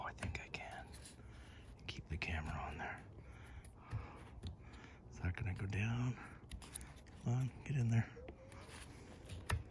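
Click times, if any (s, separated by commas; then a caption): 9.5 s. On a 2014 Buick LaCrosse, the new wiper blade's plastic adapter is pushed onto the wiper arm while someone talks in a low voice, with small handling knocks and taps along the way. A sharp click at 9.5 s marks the adapter seating in place on the arm.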